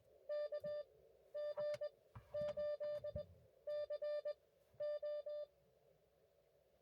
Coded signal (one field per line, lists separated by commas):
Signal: Morse code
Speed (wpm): 17 wpm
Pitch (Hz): 590 Hz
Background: none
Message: KG8CO